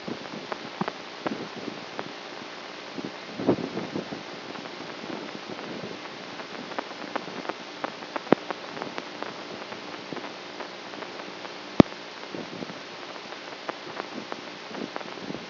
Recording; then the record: brain microelectrode recording played as sound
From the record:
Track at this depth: outside the subthalamic nucleus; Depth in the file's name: 6.001 mm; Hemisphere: right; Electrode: 3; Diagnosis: Parkinson's disease